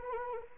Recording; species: mosquito wingbeat signal from an infrared sensor; Anopheles arabiensis